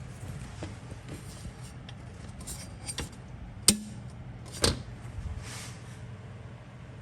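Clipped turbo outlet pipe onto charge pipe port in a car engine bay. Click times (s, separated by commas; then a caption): 3.7 s. In the engine bay of an A90 Supra during a blow-off valve install, the black turbo-side pipe with a spring clip is pushed onto the silver port of the charge pipe. After faint handling noise, the spring clip pops into place with a loud, sharp snap at 3.7 s, followed by a softer sharp tap at 4.6 s. The pipe is seated.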